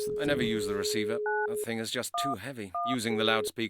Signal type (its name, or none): DTMF